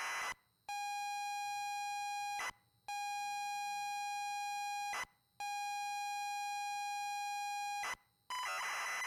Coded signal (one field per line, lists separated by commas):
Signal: ZX Spectrum tape loading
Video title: Stories Untold (Full Playthrough) - WARNING: Flashing Lights